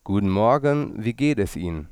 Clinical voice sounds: spoken sentence; German; male; 30 to 39 years; 0; 0; 0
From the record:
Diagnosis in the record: healthy voice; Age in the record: 31 years

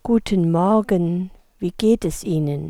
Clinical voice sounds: spoken sentence; German; female; 50 to 59 years; 1; 0; 1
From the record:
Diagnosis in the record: hyperfunctional dysphonia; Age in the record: 56 years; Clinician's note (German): Ponogen

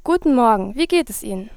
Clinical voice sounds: spoken sentence; German; female; 20 to 29 years; 0; 0; 0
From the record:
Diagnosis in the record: healthy voice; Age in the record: 20 years

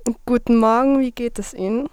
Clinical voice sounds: spoken sentence; German; female; 20 to 29 years; 0; 0; 0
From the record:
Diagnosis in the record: healthy voice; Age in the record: 21 years

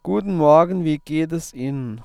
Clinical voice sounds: spoken sentence; German; male; 30 to 39 years; 0; 0; 0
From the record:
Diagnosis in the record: healthy voice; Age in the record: 30 years

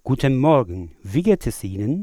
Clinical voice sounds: spoken sentence; German; male; 30 to 39 years; 0; 0; 0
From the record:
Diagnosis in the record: dysodia (singing voice disorder), contact pachydermia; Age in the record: 34 years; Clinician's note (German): Kontaktpachydermie ohne "Kontaktpachydermie"

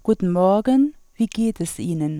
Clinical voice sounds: spoken sentence; German; female; 50 to 59 years; 1; 1; 0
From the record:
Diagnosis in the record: hyperfunctional dysphonia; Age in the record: 50 years

